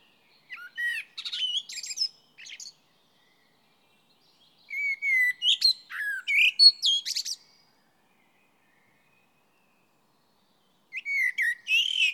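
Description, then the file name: Common blackbird song in three bursts of low fluted whistles that break into high, scratchy twittering, with quiet pauses of several seconds between phrases. "Turdus merula"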